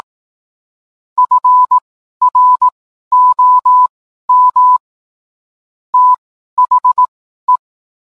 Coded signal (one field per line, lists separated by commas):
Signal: Morse code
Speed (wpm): 18 wpm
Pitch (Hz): 1000 Hz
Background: none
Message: FROM THE